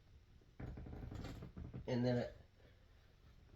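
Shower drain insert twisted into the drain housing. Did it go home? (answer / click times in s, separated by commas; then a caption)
no / none. A plastic shower drain insert, already sunk into the drain housing by turning it counterclockwise, is turned clockwise to lock its locking tab in place, giving a burst of rough scraping and rattling from 0.6 s to about 1.8 s. Someone then briefly talks. The locking tab has not clicked yet, so no audible click is heard.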